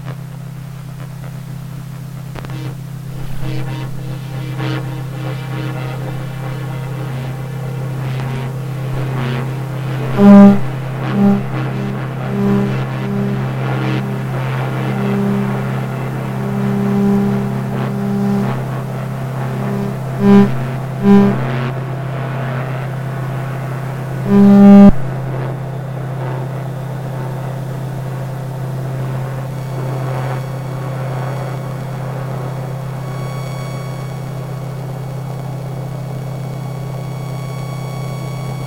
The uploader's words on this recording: I took a Soma Ether and scanned the em fields of my modem, server, gas boiler and light fittings. The output was then fed through Beads, Clouds and Wires .